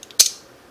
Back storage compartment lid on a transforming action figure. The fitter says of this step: and that will pop open again because i accidentally hit it close that back up